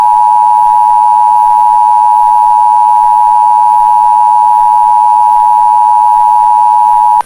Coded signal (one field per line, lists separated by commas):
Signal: Emergency Alert System (SAME) tones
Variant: 853 and 960 Hz attention tone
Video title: EAS Scenario - The Symbiote